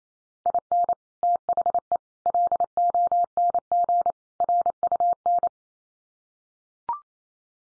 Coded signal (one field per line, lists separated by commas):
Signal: Morse code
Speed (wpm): 28 wpm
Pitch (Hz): 700 Hz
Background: none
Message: IN THE LONG RUN